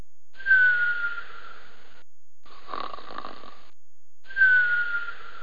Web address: lion cub snoring sound effect